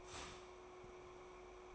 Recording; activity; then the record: daily activity, microphone in the room; start toaster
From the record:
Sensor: 1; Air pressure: 1004.3 hPa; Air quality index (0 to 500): 200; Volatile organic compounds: 19 ppm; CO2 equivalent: 2642 ppm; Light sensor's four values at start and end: 5/13/4/5 and 5/13/4/5